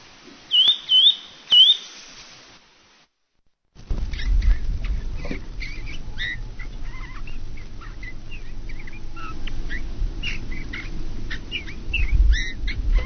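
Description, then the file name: Eurasian bullfinch calls: two soft, clear piping whistles in the opening seconds, then a pause followed by a busy mix of chirping birds over a low rumble. "bouvreuil Pivoine"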